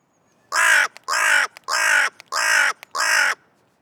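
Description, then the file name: Carrion crow calling: five harsh, raspy caws in a quick, even series, each under half a second long, against a quiet background. "Corvus corone"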